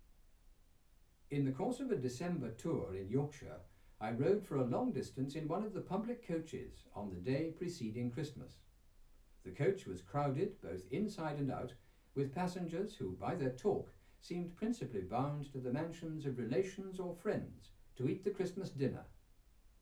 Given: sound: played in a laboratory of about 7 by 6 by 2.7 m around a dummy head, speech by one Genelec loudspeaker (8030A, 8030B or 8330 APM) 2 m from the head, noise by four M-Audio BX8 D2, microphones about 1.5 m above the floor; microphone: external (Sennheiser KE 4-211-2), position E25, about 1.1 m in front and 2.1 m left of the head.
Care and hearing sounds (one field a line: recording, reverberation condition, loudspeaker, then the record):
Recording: male speech in English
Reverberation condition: low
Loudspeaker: behind (180 degrees)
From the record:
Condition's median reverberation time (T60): about 310 ms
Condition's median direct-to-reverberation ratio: about 3.5 dB